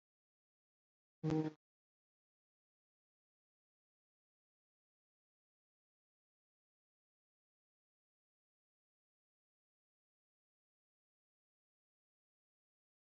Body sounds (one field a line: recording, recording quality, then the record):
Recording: sustained vowel as in boot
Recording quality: poor, much background noise or distortion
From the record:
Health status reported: COVID-19 positive, moderate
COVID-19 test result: positive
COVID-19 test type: RT-PCR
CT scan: not taken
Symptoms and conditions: cough, cold, fever, fatigue, muscle pain, loss of smell and taste, diarrhoea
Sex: male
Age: 25 years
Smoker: no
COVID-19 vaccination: both doses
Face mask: worn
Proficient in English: yes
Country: India